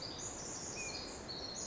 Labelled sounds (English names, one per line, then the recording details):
Pacific Wren
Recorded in Sonoma County, California